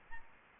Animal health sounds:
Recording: mosquito wingbeat signal from an infrared sensor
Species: Aedes aegypti

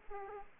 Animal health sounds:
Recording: mosquito wingbeat signal from an infrared sensor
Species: Aedes aegypti

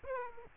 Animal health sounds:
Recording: mosquito wingbeat signal from an infrared sensor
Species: Aedes aegypti

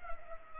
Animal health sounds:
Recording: mosquito wingbeat signal from an infrared sensor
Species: Culex pipiens

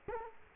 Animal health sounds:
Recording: mosquito wingbeat signal from an infrared sensor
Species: Culex quinquefasciatus

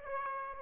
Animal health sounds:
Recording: mosquito wingbeat signal from an infrared sensor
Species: Aedes aegypti

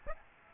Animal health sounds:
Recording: mosquito wingbeat signal from an infrared sensor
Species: Aedes aegypti

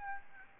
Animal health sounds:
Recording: mosquito wingbeat signal from an infrared sensor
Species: Aedes albopictus

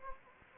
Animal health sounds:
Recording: mosquito wingbeat signal from an infrared sensor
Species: Anopheles gambiae

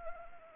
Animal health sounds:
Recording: mosquito wingbeat signal from an infrared sensor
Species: Anopheles arabiensis

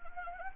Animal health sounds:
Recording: mosquito wingbeat signal from an infrared sensor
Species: Anopheles gambiae

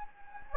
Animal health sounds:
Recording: mosquito wingbeat signal from an infrared sensor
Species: Anopheles gambiae

